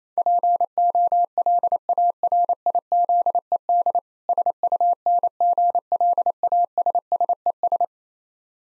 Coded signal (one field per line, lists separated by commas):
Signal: Morse code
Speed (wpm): 28 wpm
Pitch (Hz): 700 Hz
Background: none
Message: POLARIZED SUNGLASSES